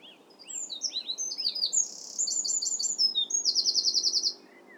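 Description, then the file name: A wren sings a rapid, high outpouring of chirps, slurred sweeps and rattling trills, with a quick buzzy section in the middle, all over faint steady hiss. "Wren singing"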